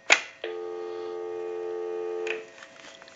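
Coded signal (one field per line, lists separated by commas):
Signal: telephone call progress tone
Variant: North America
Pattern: dial tone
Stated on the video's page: Tone on a Western Electric Trimline telephone during initial checkout and repair conversion.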